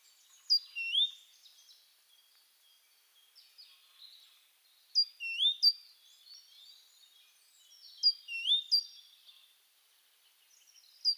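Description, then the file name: Great tit calls: high, clear slurred notes sweeping up and down, given in short clusters every few seconds against a faint background hiss. "Parus major"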